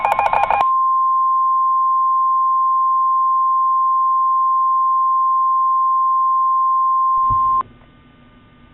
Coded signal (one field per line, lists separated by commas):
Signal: Emergency Alert System (SAME) tones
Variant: 1050 Hz attention tone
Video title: My Made up Weather Radio Station (with EAS)